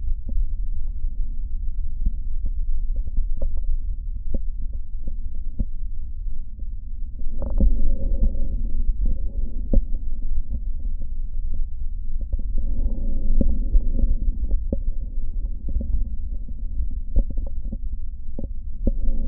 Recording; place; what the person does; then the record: lung sounds by stethoscope; right posterior basal chest; quiet breathing, then deep breathing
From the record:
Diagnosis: interstitial lung disease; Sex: male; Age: 72 years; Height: 170 cm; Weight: 62.9 kg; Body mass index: 21.8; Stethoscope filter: diaphragm mode